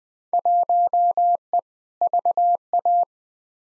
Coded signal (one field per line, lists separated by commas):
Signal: Morse code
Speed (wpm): 21 wpm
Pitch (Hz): 700 Hz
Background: none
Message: 1E VA